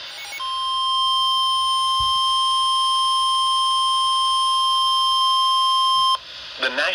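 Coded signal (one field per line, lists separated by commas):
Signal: Emergency Alert System (SAME) tones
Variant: 1050 Hz attention tone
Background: speech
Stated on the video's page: NOAA Weather Radio alerts.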